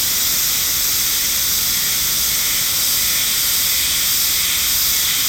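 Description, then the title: Cicada chorus, a loud unbroken high buzzing hiss with several steady bright bands, no pauses throughout. Shrine's sacred forest in Japan, northernmost habitat on the Sea of Japan side; possibly end of season; cicadas calling fairly well; recorded with an MKH8020 microphone. "能生白山神社のヒメハルゼミ"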